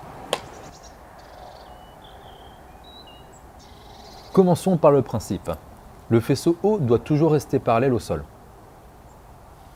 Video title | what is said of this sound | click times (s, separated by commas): Comment installer le Détecteur de Mouvement Extérieur (DME90) Tyxal+ ? | il faut bien entendre le clic | 0.3 s